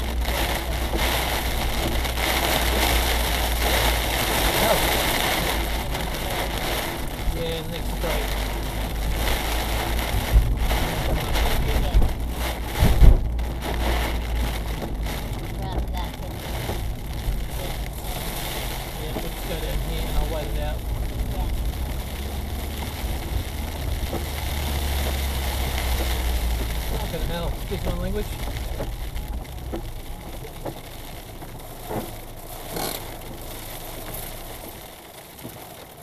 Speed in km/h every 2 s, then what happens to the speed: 45, 42, 42, 37, 42, 45, 44, 44, 21, 20, 28, 30, 30, 21, 6, 0, 0, 0.
0-6 slows to 37. 6-10 speeds up to 45. 10-15 steady at about 44. 15-17 brakes to 20. 17-21 speeds up to 30. 25-29 brakes to 0. 29-36 standing.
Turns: 18-20.